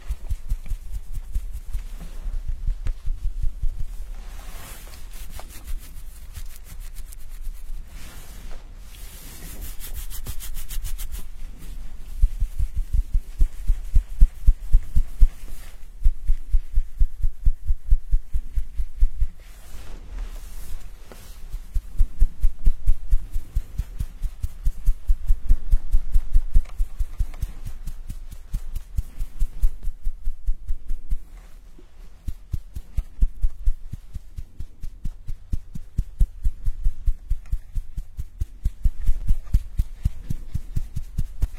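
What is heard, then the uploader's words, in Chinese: Rubbing and scratching of a scalp massage during a hair wash. Dense, rhythmic strokes repeat several times a second with a low, muffled thump beneath, pausing briefly around 8–10 and 30 seconds before resuming. 沉浸式洗头体验 & 头皮按摩。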